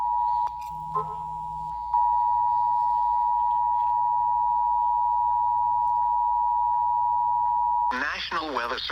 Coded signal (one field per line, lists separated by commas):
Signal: Emergency Alert System (SAME) tones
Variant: 853 and 960 Hz attention tone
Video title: Eas svr Eas#395